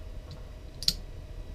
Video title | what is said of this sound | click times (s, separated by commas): Zastava M57 - Unboxing and Initial Cleaning | there we go snapped | 0.8 s, 0.9 s